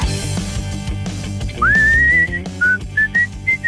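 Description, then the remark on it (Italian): A bright whistled melody from a radio commercial glides up and then hops through a few short, high notes over a steady musical backing, with no voices. “Oddio, ma mi piaceva molto questo fischiettino che ho rubato lo spot.”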